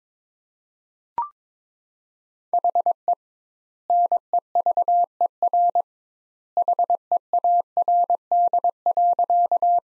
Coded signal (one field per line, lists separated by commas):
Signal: Morse code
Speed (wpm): 21 wpm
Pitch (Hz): 700 Hz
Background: none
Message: HE NEVER HEARD.